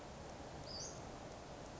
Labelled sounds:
Western Flycatcher (Empidonax difficilis)
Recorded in Sonoma County, California

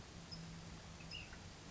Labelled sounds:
Ash-throated Flycatcher (Myiarchus cinerascens)
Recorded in Sonoma County, California

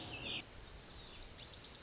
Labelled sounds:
Lazuli Bunting (Passerina amoena)
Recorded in Sonoma County, California

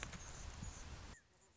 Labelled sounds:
Anna's Hummingbird (Calypte anna)
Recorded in Sonoma County, California

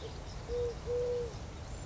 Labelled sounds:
Eurasian Collared Dove (Streptopelia decaocto)
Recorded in Sonoma County, California

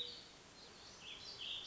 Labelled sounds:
Warbling Vireo (Vireo gilvus)
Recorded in Sonoma County, California

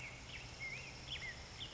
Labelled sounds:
Black-headed Grosbeak (Pheucticus melanocephalus)
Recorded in Sonoma County, California

